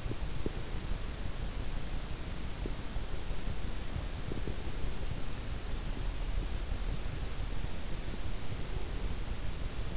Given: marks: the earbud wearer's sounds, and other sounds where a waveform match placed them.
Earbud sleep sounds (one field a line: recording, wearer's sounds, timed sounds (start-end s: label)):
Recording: sounds in sleep by an in-ear microphone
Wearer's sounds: teeth grinding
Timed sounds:
0.00-0.83 s: teeth grinding
2.45-2.93 s: teeth grinding
4.23-4.74 s: teeth grinding